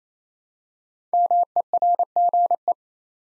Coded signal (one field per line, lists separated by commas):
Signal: Morse code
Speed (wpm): 27 wpm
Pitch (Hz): 700 Hz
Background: none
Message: MERGE